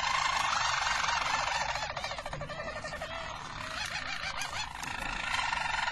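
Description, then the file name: Harz Roller canary singing a dense, continuous rolling song with fast warbling notes and no breaks throughout. Belgian Harz Roller canary song. "canto do canario belga harz roller"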